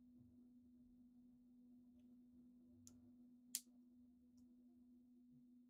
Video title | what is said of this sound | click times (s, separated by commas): One does not simply build their Gurren Lagann from Gurren Lagann | It just won't click together. | none